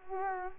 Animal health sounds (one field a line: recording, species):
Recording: mosquito wingbeat signal from an infrared sensor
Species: Culex quinquefasciatus